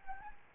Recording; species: mosquito wingbeat signal from an infrared sensor; Anopheles arabiensis